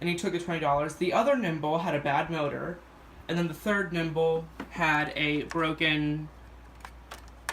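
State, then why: Partly seated. Someone talks, then a broken handle is pushed into a used upright vacuum body and makes a sharp click at 7.5 s. The handle clicks but does not lock in place and would just fall right out.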